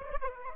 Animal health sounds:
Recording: mosquito wingbeat signal from an infrared sensor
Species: Aedes aegypti

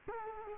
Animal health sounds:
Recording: mosquito wingbeat signal from an infrared sensor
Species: Culex quinquefasciatus

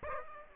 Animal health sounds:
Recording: mosquito wingbeat signal from an infrared sensor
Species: Aedes aegypti

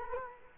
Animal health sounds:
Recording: mosquito wingbeat signal from an infrared sensor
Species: Culex quinquefasciatus

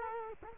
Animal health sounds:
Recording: mosquito wingbeat signal from an infrared sensor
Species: Culex quinquefasciatus

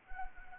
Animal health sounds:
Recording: mosquito wingbeat signal from an infrared sensor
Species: Anopheles arabiensis

